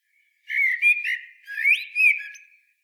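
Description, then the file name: Common blackbird giving one short, rich warbled phrase of rising and falling whistles with faint high squeaky overtones, in otherwise quiet surroundings. "Turdus merula"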